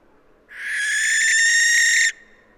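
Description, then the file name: Western barn owl giving a single drawn-out, raspy, hissing screech of about a second and a half, swelling slightly before ending abruptly. "Western Barn Owl Tyto alba"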